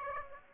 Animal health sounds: mosquito wingbeat signal from an infrared sensor; Aedes aegypti

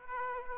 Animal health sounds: mosquito wingbeat signal from an infrared sensor; Aedes aegypti

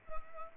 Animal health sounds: mosquito wingbeat signal from an infrared sensor; Culex pipiens

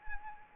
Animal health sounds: mosquito wingbeat signal from an infrared sensor; Anopheles arabiensis

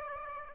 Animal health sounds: mosquito wingbeat signal from an infrared sensor; Aedes aegypti

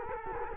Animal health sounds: mosquito wingbeat signal from an infrared sensor; Culex quinquefasciatus

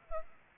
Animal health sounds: mosquito wingbeat signal from an infrared sensor; Culex pipiens

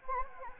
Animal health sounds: mosquito wingbeat signal from an infrared sensor; Anopheles gambiae

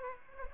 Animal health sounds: mosquito wingbeat signal from an infrared sensor; Aedes aegypti

